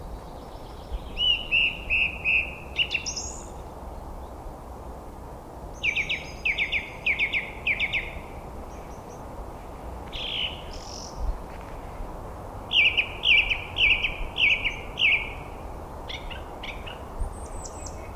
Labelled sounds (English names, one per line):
Song Thrush song